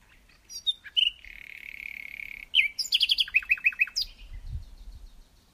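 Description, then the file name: Common nightingale song: a clicking start, a long steady whistled note, then a quick series of repeated downslurred chirps, varied phrases. "Luscinia megarhynchos"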